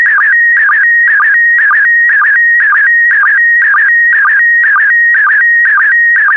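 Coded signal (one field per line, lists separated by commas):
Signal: SSTV (slow-scan television)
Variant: PD120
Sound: warbling, scanning tone with a short low chirp about twice per second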